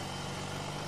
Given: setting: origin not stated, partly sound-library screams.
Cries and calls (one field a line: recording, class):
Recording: one-second piece from a danger detection set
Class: normal situation